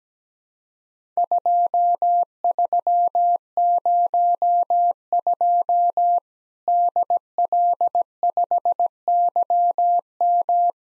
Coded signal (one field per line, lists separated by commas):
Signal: Morse code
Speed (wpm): 17 wpm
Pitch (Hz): 700 Hz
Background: none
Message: 2302 DL5YM